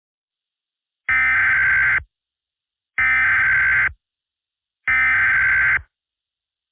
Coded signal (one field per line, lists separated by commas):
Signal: Emergency Alert System (SAME) tones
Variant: header bursts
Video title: EAS Scenario 1: Monika's Rampage (Part 2)